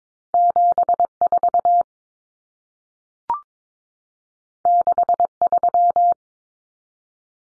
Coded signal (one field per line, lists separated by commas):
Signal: Morse code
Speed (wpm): 22 wpm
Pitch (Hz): 700 Hz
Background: none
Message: 74 63